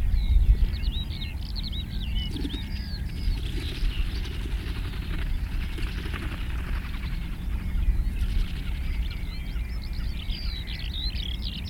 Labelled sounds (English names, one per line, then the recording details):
Ruff call
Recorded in the wild
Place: Insel Kirr, Barther Bodden, Mecklenburg-Vorpommern, DE
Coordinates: 54.421, 12.705
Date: 1970-05-24
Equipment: Nagra III BH, Sennheiser MD 21, parabola
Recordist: Schubert, Michael